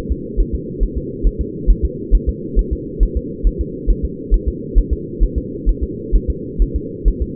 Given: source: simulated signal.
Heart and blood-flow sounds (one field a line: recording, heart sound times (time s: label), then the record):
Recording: fetal heart sounds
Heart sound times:
0.12 s: S2
0.40 s: S1
0.55 s: S2
0.83 s: S1
0.98 s: S2
1.27 s: S1
1.41 s: S2
1.70 s: S1
1.85 s: S2
2.15 s: S1
2.29 s: S2
2.59 s: S1
2.73 s: S2
3.03 s: S1
3.17 s: S2
3.47 s: S1
3.61 s: S2
3.91 s: S1
4.05 s: S2
4.34 s: S1
4.48 s: S2
4.78 s: S1
4.93 s: S2
5.23 s: S1
5.38 s: S2
5.69 s: S1
5.83 s: S2
6.16 s: S1
6.30 s: S2
6.62 s: S1
6.76 s: S2
7.08 s: S1
7.22 s: S2
From the record:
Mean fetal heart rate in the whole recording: 135 bpm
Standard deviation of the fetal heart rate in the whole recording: 3 bpm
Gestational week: 36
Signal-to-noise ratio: -4.1 dB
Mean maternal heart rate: no maternal heart sound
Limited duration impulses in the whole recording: absent